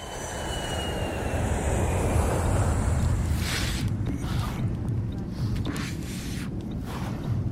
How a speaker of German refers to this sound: Ich schaue aus dem Fenster und das Flugzeug startet. Was dann? Das Flugzeug startet außerhalb der Kabine und das Flugzeug startet innerhalb der Kabine.